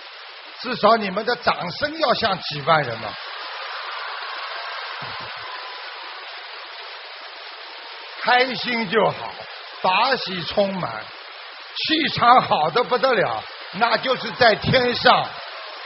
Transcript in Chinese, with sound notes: 至少你们的掌声要像几万人。（掌声）开心就好，法喜充满，气场好得不得了，那就是在天上。